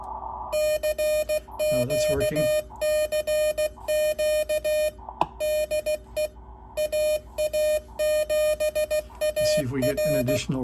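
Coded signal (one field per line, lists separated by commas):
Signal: Morse code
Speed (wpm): 16 wpm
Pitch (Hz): 610 Hz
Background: speech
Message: CQ CQ DE AA7AR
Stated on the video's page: Morse CQ on 40 metres from a Hammertone Sierra rig fitted with a KC-1 keyer.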